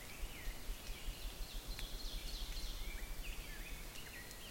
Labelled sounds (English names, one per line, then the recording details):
Ovenbird song
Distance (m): 100 m
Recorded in boreal forest in Alberta, Canada, on 6 June 2016 at 06:16
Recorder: SongMeter 3, array SBT-3-51
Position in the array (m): 248 m, 205 m
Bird 28